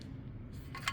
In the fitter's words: to put a groove in the top, so this clicks in place.